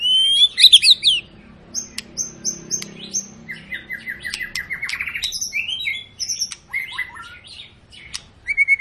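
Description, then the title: White-rumped shama singing fast runs of short high notes after a loud opening whistled flourish. Long, lively lure song of a white-rumped shama, used to prompt other birds to sing. "Pancingan Murai Batu Gacor Panjang"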